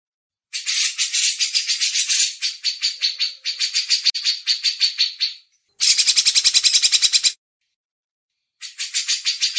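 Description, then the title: Grey-cheeked bulbul with bursts of harsh rattling pulses, roughly three and a half per second, separated by short silences. Masteran tutor used as training audio. "MASTERAN CUCAK JENGGOT"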